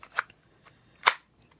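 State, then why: Seated. An unloaded compact pistol is pushed into a Kydex outside-waistband holster, with a sharp sound near 0.2 s and a few faint ticks. At 1.1 s it seats with a loud, crisp retention click as the holster locks the pistol in place.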